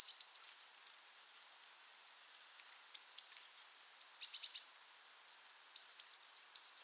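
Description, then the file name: Eurasian blue tit giving high, thin, slurred call notes in short rapid runs separated by brief pauses; no other sounds stand out. "Cyanistes caeruleus"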